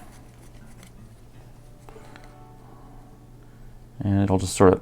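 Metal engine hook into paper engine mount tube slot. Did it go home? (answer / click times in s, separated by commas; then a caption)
no / none. A metal engine hook is picked up and lined up over the slot cut in a paper engine-mount tube, ready to be pushed in. Only light handling taps are heard, near 0.8, 1.9 and 2.2 seconds, and someone talks near the end. Nothing has seated or clicked yet.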